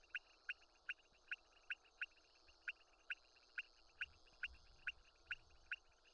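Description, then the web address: Pointed-belly frog giving brief click-like notes at an even pace of roughly two or three per second, over a faint hiss and soft low rumbles. "Leptodactylus podicipinus"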